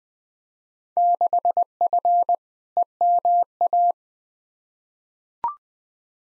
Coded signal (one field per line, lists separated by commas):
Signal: Morse code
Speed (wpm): 21 wpm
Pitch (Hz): 700 Hz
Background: none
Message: 6F EMA